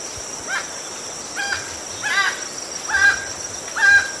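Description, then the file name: Emerald toucanet song: croaking, nasal notes repeated about once a second, growing louder toward the end, over a steady high insect hum. "Canto do tucaninho verde"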